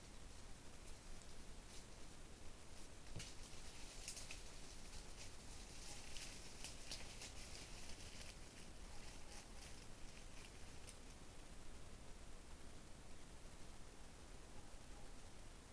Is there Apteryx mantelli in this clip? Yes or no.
no